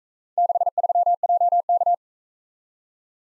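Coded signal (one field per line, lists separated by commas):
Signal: Morse code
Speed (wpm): 42 wpm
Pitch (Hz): 700 Hz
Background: none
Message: 63JK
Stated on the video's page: Speed-racing Morse practice of four-character letter-number groups, starting fast and slowing to a 28 wpm base speed.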